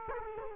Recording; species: mosquito wingbeat signal from an infrared sensor; Culex quinquefasciatus